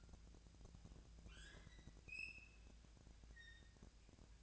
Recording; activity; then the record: daily activity, microphone in the room; open fridge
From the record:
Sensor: 2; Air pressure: 999.9 hPa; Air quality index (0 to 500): 125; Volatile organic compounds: 2 ppm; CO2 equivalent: 1070 ppm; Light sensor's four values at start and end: 25/63/27/29 and 25/63/27/29